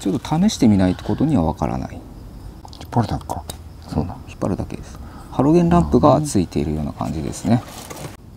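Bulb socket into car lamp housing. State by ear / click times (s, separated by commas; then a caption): not seated / none. While swapping a bulb in an FK7 car's lamp and test-lighting it, someone handles the bulb socket at the plastic lamp housing while talking throughout. A few faint, brief handling taps occur around 2.7 s. Nothing has seated or clicked yet.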